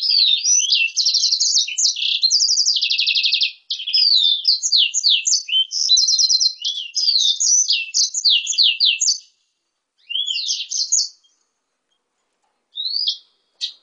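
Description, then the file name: Blackthroat x canary hybrid singing a high song of quick trills and twittering phrases, breaking off after about nine seconds into short bursts and silence. "hibrid blackthroat x kenari omicau"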